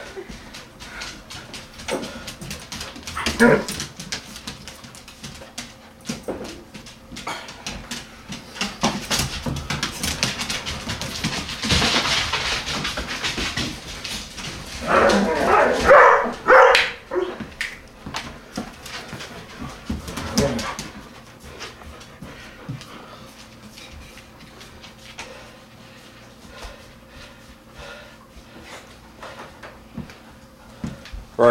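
Dogs move about with scattered barks and yelps, the loudest bursts around 3 seconds, 11 to 13 seconds and 15 to 17 seconds, with another near 20. Between them come softer whimpers, scuffling and clicks, and a low steady hum runs underneath throughout.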